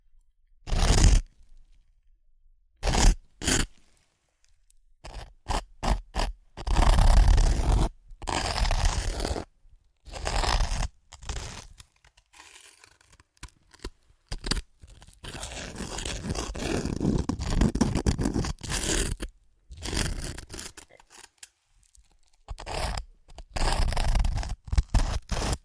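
Crunchy chips are crushed and eaten in irregular bursts, each a sharp crackling snap or a rustling crunch separated by silent gaps. Around the middle the crushing turns into a longer, steadier grinding crackle lasting several seconds, then short crunches resume until the end.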